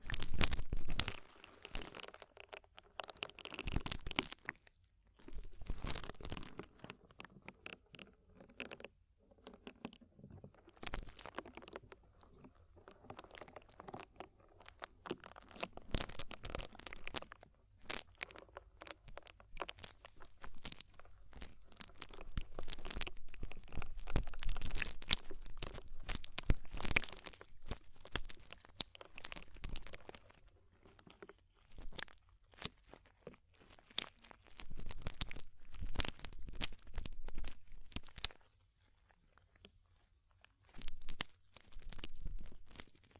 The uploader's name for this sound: DEEP Ear Penetrating Cleaning